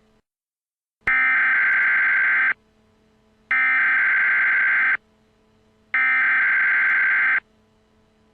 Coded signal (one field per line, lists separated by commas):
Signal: Emergency Alert System (SAME) tones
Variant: header bursts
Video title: EAS in Television: "Under the Dome"